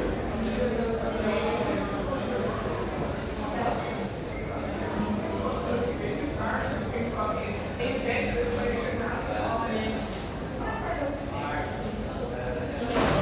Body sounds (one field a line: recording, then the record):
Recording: background sound without coughing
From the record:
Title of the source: 40 min - Ambience sounds UNIVERSITY lunchroom chatting